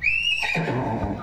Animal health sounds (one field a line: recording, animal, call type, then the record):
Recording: contact call of a hoofed animal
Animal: horse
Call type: whinny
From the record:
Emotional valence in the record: negative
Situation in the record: separation from one group member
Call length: 1.22 s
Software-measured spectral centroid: 2160 Hz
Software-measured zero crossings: 2960 a second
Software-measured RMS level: -24 dBFS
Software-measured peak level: -10 dBFS